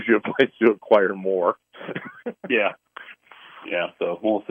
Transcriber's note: laughs